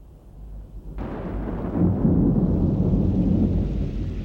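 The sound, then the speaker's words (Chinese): A low rumble of thunder from an approaching storm breaks in abruptly and swells into a long, heavy roll that stays loud and sustained for several seconds, with no voices over it. “啊，老公，快点进去吧，暴风雨快来了。”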